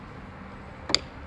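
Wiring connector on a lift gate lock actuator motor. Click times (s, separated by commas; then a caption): 1.0 s. A release tab is pressed on the plastic electrical connector of a lift gate lock actuator motor on a 100 Series Land Cruiser to unlock it. After a quiet stretch, a sharp click comes at 0.9 s, and the connector's lock tab clicks open, releasing it.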